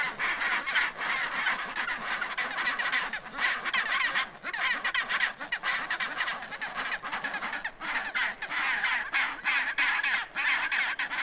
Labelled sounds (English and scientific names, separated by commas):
Chinstrap Penguin (Pygoscelis antarcticus) call